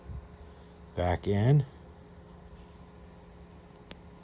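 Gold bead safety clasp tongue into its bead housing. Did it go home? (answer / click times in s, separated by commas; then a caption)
yes / 3.9 s. Someone talks briefly near the start, then the room goes quiet with a low steady hum. At 3.9 s, the tongue of an opened 14k yellow gold corrugated bead safety clasp is pushed back into its bead housing and closes with a single sharp snap. The clasp seats shut.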